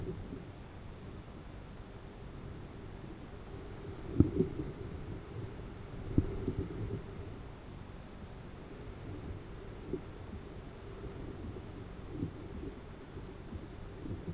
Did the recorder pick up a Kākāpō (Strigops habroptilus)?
no